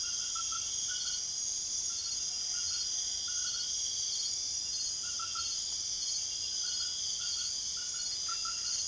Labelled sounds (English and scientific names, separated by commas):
none